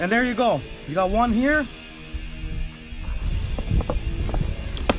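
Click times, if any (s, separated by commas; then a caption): 4.9 s. Someone talks, then a second plastic rod holder is slid and pushed into its mount on an Intex Excursion Pro inflatable fishing kayak, with a few light knocks and scrapes from about 3.6 s. It seats with a sharp click at 4.9 s.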